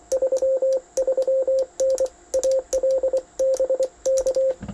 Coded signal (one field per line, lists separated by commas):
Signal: Morse code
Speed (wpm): 24 wpm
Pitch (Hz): 530 Hz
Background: radio noise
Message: 33N ALBK